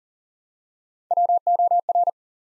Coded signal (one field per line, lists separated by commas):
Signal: Morse code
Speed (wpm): 41 wpm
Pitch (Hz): 700 Hz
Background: none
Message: WOR